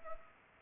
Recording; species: mosquito wingbeat signal from an infrared sensor; Culex pipiens